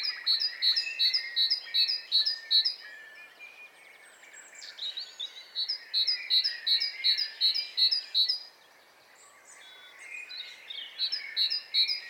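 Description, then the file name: Great tit repeating crisp high two-note phrases in three runs, steady and rhythmic, with other small birds twittering underneath. "Parus major"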